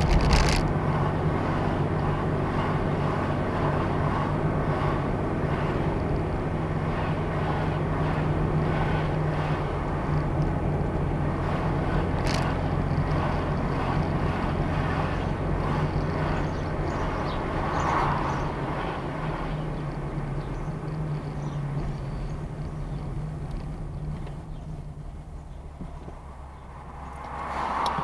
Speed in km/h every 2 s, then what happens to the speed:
40, 40, 39, 39, 37, 37, 39, 37, 32, 24, 18, 6, 0, 0.
0-15 steady at about 39. 15-23 brakes to 0. 23-28 standing.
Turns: none.